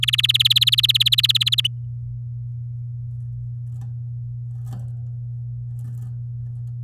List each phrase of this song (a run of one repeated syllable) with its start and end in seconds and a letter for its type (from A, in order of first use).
0.02-1.61 A, 1.64-1.67 B